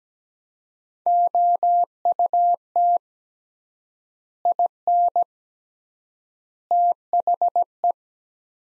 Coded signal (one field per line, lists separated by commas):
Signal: Morse code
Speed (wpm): 17 wpm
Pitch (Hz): 700 Hz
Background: none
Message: OUT IN THE